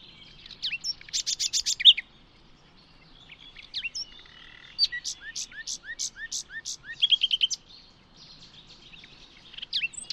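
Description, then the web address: Bird song, bursts of high repeated notes and rapid trills, including a series of evenly spaced chirps, with quieter gaps between. "Bird Only"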